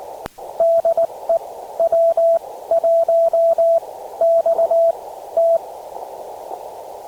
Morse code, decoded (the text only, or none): DE W1XT